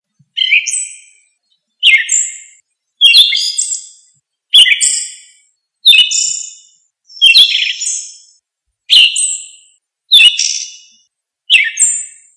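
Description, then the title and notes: Bird song of short, two-toned phrases, a burry lower note with a high whistle above, repeated about every one and a half seconds, nine times. Bird song from Indonesia. "Kumpulan Kicau Burung Indonesia"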